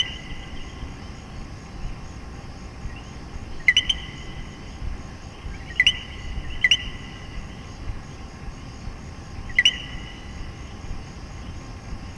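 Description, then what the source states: Common coquí giving four spaced two-note calls, a brief low note then a rising higher one, amid a constant quiet background hiss. Puerto Rico.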